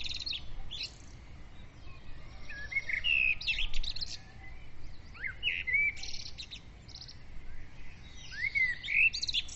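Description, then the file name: Birds singing steadily, dense overlapping chirps, buzzy trills and downslurred whistles from several singers, with a low steady rumble. Dawn chorus of birds, recorded with a ZOOM recorder. "Madarak hajnali dicsérete"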